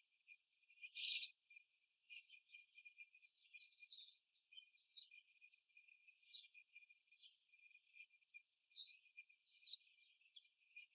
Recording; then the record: young laying hens in a cage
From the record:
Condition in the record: before the stressor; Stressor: simulated dog barking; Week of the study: 3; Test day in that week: 1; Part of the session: 1